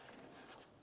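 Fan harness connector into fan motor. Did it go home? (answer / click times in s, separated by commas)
no / none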